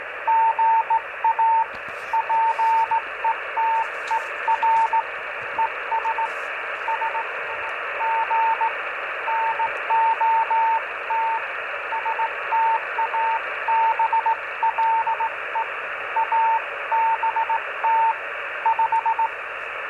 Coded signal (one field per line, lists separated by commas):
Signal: Morse code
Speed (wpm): 17 wpm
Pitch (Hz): 900 Hz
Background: radio noise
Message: GA PETER ES SG NOT STABLE ABT 5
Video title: Cheap and chirpy 1 transistor QRP transmitter gets a contact